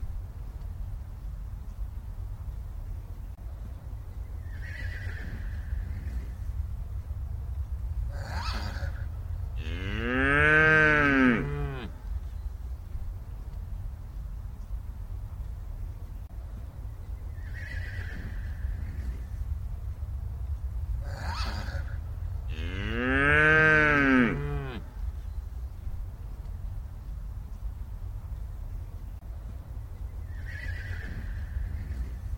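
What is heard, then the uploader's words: Countryside sounds over a steady low rumble, like wind or traffic. About every thirteen seconds a loud, drawn-out animal call rises and falls for over a second, preceded by a faint chirp and a soft knock, as if the same sequence repeats. Acoustic Wonders of Bovine Communication. Delve into the serene sounds that echo through the countryside, where each moo becomes an authentic expression of bovine presence.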